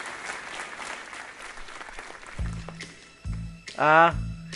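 A steady patter of clapping fills the first couple of seconds, then fades out as low, pulsing tones and a brief rising vocal sound take over.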